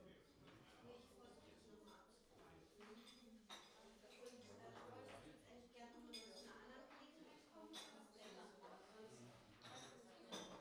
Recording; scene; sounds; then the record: everyday scene through a hearing-aid microphone; many people talking; many voices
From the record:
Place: parish hall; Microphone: in the ear canal, right